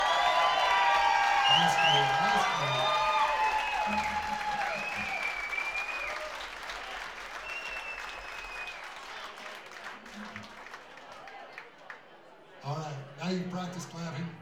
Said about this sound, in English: Together. We're going to call these the Jailbreakers. Put your hands back together for the Jailbreakers.